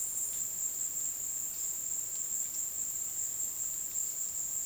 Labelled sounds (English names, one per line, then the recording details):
none
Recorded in dense forest near Puerto Asís, Putumayo, Colombia, on 21 February 2024 at 16:00
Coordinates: 0.466, -76.327
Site G6413